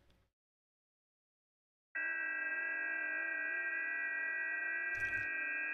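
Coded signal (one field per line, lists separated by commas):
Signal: FT8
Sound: silence, then many overlapping steady narrow tones across the band, with a short crackle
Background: radio static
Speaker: tune your frequency to the 40 m FTA frequency and I got it right there 7074 27 start thetus now you hear right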